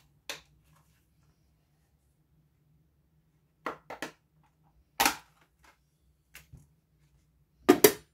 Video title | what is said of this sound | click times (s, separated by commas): Oculus Quest 2 by Metaverse Camera Replacement tutorial | pressure you'll hear some confirming clicks you | 0.3 s, 3.7 s, 4.0 s, 6.4 s, 7.8 s